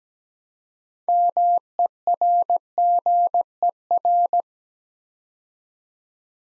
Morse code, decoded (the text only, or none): MERGER